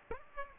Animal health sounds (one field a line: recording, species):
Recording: mosquito wingbeat signal from an infrared sensor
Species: Aedes aegypti